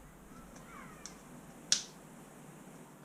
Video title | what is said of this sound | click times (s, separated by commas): Pinecone Model SG-F22 Unbox & Fly 😎 | you'll hear it click. | 1.7 s